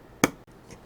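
A second RAM memory stick is pushed into its DIMM slot on a motherboard, giving one strong click at 0.2 s followed by two faint ticks. Only one hit is heard instead of two clicks, and the module does not seat properly because it does not feel right, so it has to be retried.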